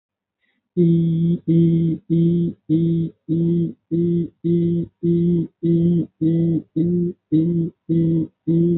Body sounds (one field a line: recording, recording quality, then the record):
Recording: sustained vowel as in beet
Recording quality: excellent, no background noise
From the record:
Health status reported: healthy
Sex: male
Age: 30 years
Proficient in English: yes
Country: India